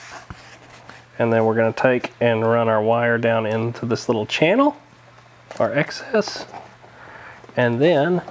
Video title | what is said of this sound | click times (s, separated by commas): E-Flite F-18 Blue Angels 80mm EDF BNF Basic Assembly | round to brown push until you get the positive click | 0.3 s